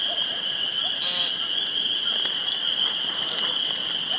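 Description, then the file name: Woodcock calling, a short high sneezing squeak with soft low croaks beneath it, heard once over a steady high-pitched whine. Recorded 2 June 2013 on a phone. "2013-06-02 Woodcocki Phone"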